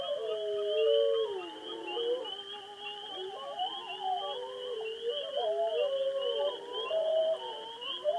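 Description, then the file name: Wolf: wolves howling together, several long wavering tones overlapping, some sliding up and others falling, with a steady high hiss running underneath throughout. "wolves"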